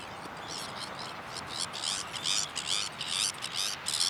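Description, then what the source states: Sabine's gull giving harsh, grating calls in quick bursts throughout, each note a buzzy stacked rasp, over steady hiss-like background noise. Recorded on Jan Mayen on 14 July 2024.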